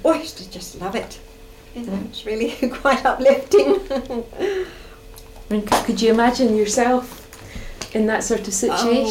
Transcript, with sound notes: Oh I used to just love it. It was really quite uplifting. [laughs]
Could you imagine yourself in that sort of situation?